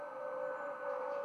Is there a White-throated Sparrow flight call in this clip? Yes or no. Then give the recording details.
no. No flight call is heard. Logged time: 23:33 on 5 November 2014